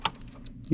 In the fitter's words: dropping it down it'll snap into place